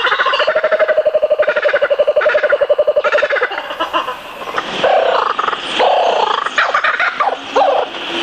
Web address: birds waraikawasemi